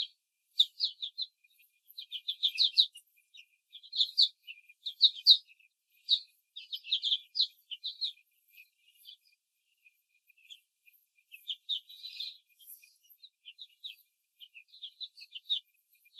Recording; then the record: young laying hens in a cage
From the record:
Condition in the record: control cage, before the stress test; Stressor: none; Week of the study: 4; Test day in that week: 1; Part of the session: 3